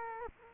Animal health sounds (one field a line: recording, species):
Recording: mosquito wingbeat signal from an infrared sensor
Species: Culex quinquefasciatus